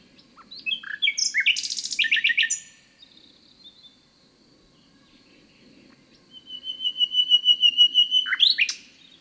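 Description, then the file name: Common nightingale song: a loud, varied burst of chirps and trills, a quiet stretch, then a long pure whistle swelling into a fast repeated series of notes. "Luscinia megarhynchos"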